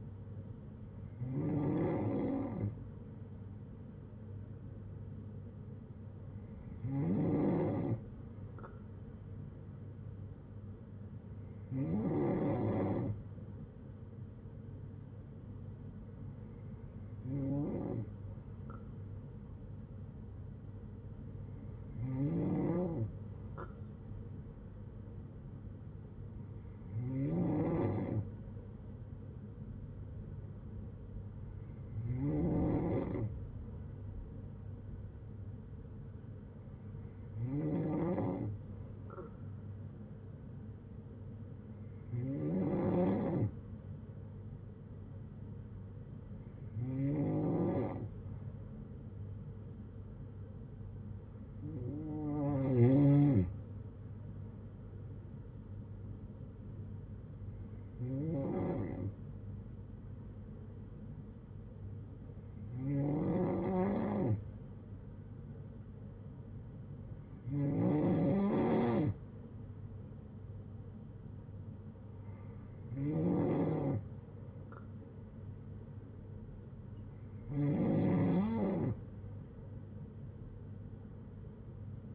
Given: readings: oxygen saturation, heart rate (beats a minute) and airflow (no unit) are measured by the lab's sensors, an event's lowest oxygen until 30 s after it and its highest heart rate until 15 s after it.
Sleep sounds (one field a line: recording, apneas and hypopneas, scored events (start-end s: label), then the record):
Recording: breathing in sleep by a smartphone at the bedside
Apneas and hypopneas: none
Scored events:
11.00-41.00 s: new sleep stage, N3 (deep sleep)
41.00-82.15 s: new sleep stage, N2 (light sleep)
From the record:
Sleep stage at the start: N2 (light sleep)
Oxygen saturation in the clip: 93 to 95%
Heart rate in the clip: 56 to 69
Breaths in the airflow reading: 17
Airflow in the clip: -7.2 to 6.4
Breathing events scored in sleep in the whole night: 182 in 7.4 hours asleep